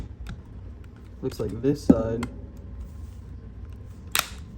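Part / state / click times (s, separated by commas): plastic shell clip on handheld console housing / seated / 4.2 s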